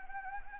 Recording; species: mosquito wingbeat signal from an infrared sensor; Anopheles gambiae